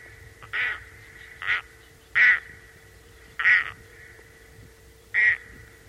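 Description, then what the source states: Loon gives five short, harsh, nasal kark calls at uneven intervals over a quiet steady hum. Kark call from loon research (reimlab).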